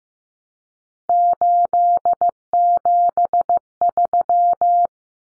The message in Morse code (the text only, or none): 873